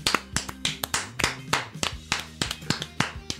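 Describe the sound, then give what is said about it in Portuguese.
A small group claps in a quick, uneven burst, sharp hand strikes landing several times a second for a few seconds, with a faint murmur of voices underneath. “Meu Deus, desculpem, enquanto vocês aplaudiam, eu li as próximas linhas, é impagável, é imperdível.”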